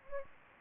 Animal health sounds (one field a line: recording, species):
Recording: mosquito wingbeat signal from an infrared sensor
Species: Anopheles gambiae